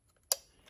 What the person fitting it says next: So lock it in place, hear that click.